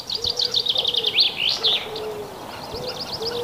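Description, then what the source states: Common Wood Pigeon giving low, soft cooing phrases, repeated several times, while a smaller bird twitters high and fast above. Heard at dawn in spring on live microphones near Lahti, as the light came up.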